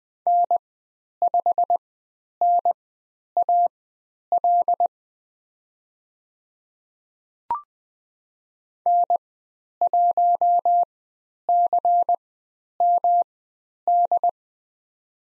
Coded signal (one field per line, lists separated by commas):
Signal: Morse code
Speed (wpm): 20 wpm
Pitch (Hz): 700 Hz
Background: none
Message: N5NAL N1CMD